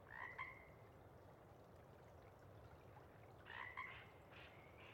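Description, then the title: Pacific chorus frog giving two-note rib-bit calls at start and near the end, with faint other frogs and steady background hiss. Sparse chorus before dawn as first light appears; a few individuals keep calling to attract a mate while most of the pod has gone back to burrow and sleep. "Chorus Frogs, Sparse, pre-Dawn"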